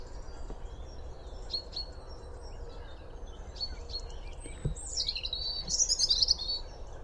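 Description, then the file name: European robin song: after faint scattered ticks, a high twittering phrase with rapid trilled notes arrives in the last two seconds over low steady hiss. "Erithacus rubecula"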